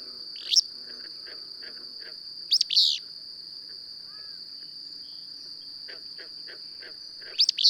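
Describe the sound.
Bird song in brief clusters of loud, rapid, steeply swept high notes, separated by quiet gaps of soft ticking, all over a continuous shrill insect buzz.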